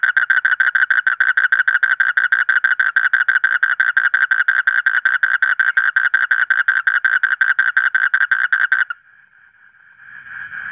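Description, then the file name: Asian common toad trill, a long unbroken series of quick raspy pulses held at an even rhythm for nearly nine seconds before it stops. "suara kodok bangkong kolong kodok buduk"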